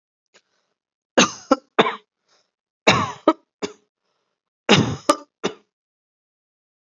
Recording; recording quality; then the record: heavy voluntary cough; excellent, no background noise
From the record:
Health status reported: respiratory illness, not identified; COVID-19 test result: not tested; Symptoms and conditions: none ticked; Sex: male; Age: 27 years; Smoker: not ticked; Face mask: not worn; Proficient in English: no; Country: India